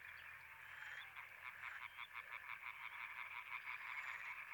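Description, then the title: European tree frog chorus, quieter and blurred: rasping pulsed croaks over a low rumbling background hiss. Many European tree frogs calling intensely at the Etang des Marguilliers pond in Sologne, France, 21 May 1993, an hour after nightfall. "Choeur de rainettes en Sologne"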